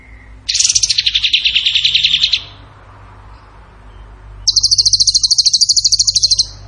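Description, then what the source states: Bird song: a dense buzzy trill falling slightly in pitch, a two-second gap, then a high, steady trill of quick repeated notes. Masteran (training recording) for songbirds in the tembakan gacor style.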